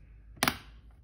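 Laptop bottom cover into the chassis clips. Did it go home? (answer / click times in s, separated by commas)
yes / 0.4 s, 0.5 s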